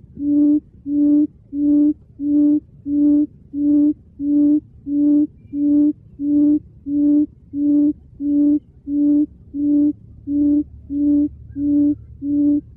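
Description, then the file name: Quail giving a low, steady hooting note, each hoot short and level, repeated evenly about one and a half times per second throughout. "Tieng cut um"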